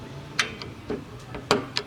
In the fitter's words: nag-click na